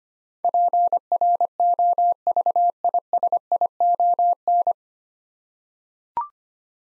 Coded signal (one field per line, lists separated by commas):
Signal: Morse code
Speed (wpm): 25 wpm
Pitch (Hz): 700 Hz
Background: none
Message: PROVISION